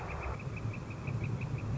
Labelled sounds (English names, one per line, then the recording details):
Northern Flicker
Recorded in Sonoma County, California